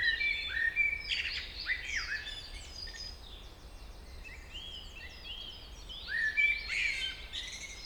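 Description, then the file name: Common blackbird singing mellow warbled phrases that break into high scratchy twitters, going quieter in the middle before another fluty phrase near the end. "Turdus merula"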